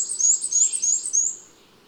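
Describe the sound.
Bird song: a quick, very high twittering phrase with rapid wavering notes, fading out after a second and a half, with a soft low hum beneath.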